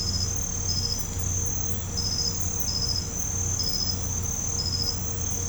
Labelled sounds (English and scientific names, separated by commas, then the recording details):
none
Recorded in pastures near Puerto Asís, Putumayo, Colombia, on 16 December 2024 at 02:30
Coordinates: 0.505, -76.324
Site G063